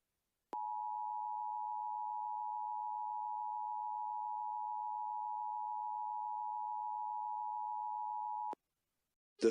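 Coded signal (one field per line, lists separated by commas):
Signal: Emergency Alert System (SAME) tones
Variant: 853 and 960 Hz attention tone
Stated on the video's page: Mock scenario of fictional alerts for a real-life Fortnite storm across the United States.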